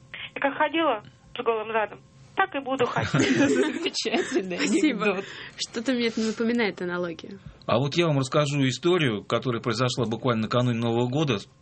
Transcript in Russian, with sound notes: Я как ходила с голым задом, так и буду ходить». (все смеются)
Замечательный анекдот. Что-то мне это напоминает, аналогию.
А вот я вам расскажу историю, которая произошла буквально накануне Нового года.